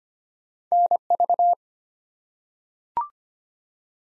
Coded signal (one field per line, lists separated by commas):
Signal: Morse code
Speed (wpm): 25 wpm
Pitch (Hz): 700 Hz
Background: none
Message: NV